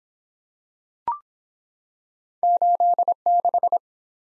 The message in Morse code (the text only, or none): 86